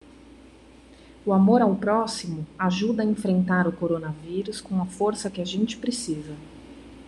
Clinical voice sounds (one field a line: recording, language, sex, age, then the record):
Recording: spoken sentence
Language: Brazilian Portuguese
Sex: female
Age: 30 to 39 years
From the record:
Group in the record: control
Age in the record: 33 years